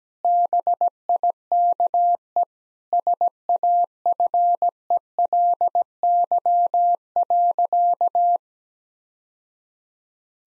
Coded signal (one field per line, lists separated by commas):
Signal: Morse code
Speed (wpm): 17 wpm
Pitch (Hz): 700 Hz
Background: none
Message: BIKE SAFELY.